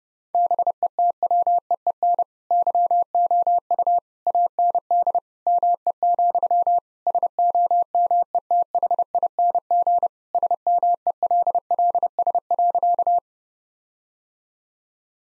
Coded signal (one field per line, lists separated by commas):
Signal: Morse code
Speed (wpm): 32 wpm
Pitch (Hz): 700 Hz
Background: none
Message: BETWEEN YOU AND ME, SOMETHING SMELLS.